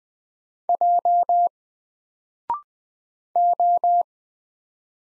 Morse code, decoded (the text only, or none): J O